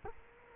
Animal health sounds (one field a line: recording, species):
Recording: mosquito wingbeat signal from an infrared sensor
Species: Culex quinquefasciatus